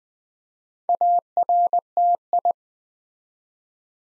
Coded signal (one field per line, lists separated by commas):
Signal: Morse code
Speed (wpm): 20 wpm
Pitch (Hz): 700 Hz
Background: none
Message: ARTI